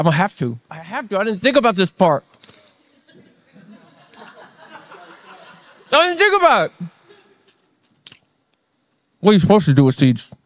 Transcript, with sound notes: I'm going have to. I have to. I didn't think about this part. [laughter] I didn't think about it. What are you supposed to do with seeds?